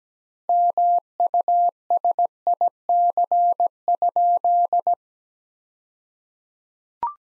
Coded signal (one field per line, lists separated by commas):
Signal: Morse code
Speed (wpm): 17 wpm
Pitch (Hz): 700 Hz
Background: none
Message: MUSIC?